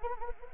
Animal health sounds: mosquito wingbeat signal from an infrared sensor; Anopheles arabiensis

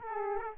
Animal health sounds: mosquito wingbeat signal from an infrared sensor; Aedes aegypti

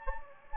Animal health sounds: mosquito wingbeat signal from an infrared sensor; Anopheles gambiae

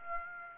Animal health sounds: mosquito wingbeat signal from an infrared sensor; Aedes aegypti

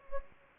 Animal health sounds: mosquito wingbeat signal from an infrared sensor; Anopheles gambiae

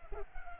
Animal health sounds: mosquito wingbeat signal from an infrared sensor; Culex pipiens

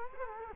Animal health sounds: mosquito wingbeat signal from an infrared sensor; Culex quinquefasciatus

